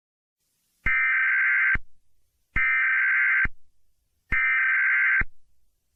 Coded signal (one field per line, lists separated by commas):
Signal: Emergency Alert System (SAME) tones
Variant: header bursts